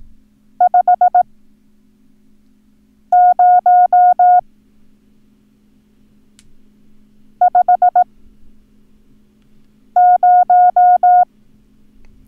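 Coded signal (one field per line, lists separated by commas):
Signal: Morse code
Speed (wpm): 18 wpm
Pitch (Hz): 720 Hz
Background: none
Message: 50 50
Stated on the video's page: Morse code lesson teaching the numbers 9 and 0 for ham radio use.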